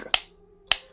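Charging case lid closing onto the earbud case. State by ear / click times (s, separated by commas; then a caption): seated / 0.1 s, 0.7 s. The hinged plastic lid of a SilverCrest STSK 2 E5 wireless earbud charging case is snapped closed onto the case. Two sharp, loud clicks ring out at 0.1 s and 0.7 s, each decaying quickly into a quiet background. The lid seats shut with a crisp, satisfying click.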